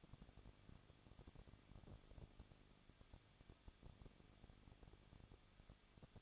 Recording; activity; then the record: daily activity, microphone in the room; no activity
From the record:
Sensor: 4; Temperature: 23.1 degrees Celsius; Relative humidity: 34.1%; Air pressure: 1007.2 hPa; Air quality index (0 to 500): 215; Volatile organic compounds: 15 ppm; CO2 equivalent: 2484 ppm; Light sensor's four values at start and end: 2/3/1/1 and 2/3/1/1